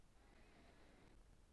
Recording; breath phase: one breath near a microphone; inhalation